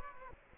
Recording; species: mosquito wingbeat signal from an infrared sensor; Aedes aegypti